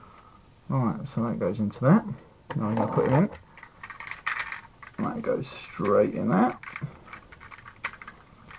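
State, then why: Seated. A small plastic Powermaster engine figure is pushed into its socket in a G1 transforming toy car from the Getaway, Slapdash and Joyride line, and it seats. Someone talks while plastic handling clicks rattle around 3.6 to 4.5 s, then a sharp click at 7.9 s marks the engine snapping into place. A few faint taps follow as it sits firmly in.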